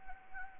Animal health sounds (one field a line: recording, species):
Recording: mosquito wingbeat signal from an infrared sensor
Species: Anopheles arabiensis